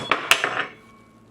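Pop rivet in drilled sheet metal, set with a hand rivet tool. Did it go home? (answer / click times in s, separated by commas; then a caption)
yes / 0.3 s. A hand rivet tool's handles are squeezed on a pop rivet set through a drilled hole in sheet metal. A small sharp click at 0.1 s is followed by a loud sharp snap at 0.3 s as the mandrel breaks, then softer ringing taps that fade out by about 0.8 s. The rivet is set.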